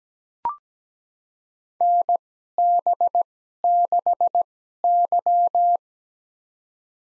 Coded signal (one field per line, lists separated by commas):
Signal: Morse code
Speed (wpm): 17 wpm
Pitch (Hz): 700 Hz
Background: none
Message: NB6Y